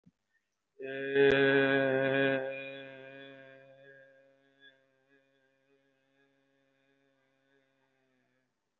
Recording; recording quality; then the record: sustained vowel as in made; excellent, no background noise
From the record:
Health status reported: recovered from COVID-19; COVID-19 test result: positive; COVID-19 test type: RT-PCR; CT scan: taken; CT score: 0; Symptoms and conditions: breathing difficulty, fatigue, muscle pain, pneumonia, another respiratory illness, hypertension, another condition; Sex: male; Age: 54 years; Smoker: yes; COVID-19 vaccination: none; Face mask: not worn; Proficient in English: yes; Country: India